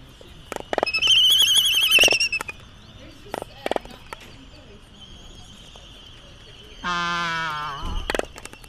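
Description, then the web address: Laysan albatross call, a drawn-out nasal moan falling at the end, after a burst of shrill chattering and scattered clicks. "wroblowe ptaki phoebastria immutabilis"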